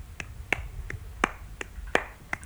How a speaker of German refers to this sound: Ein schwerer und ein leichter Klatscher, also etwas Tänzerisches, etwas Federndes.